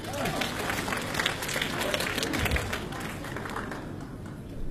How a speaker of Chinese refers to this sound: 大家掌声有请。